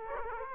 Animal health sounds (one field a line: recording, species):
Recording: mosquito wingbeat signal from an infrared sensor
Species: Aedes aegypti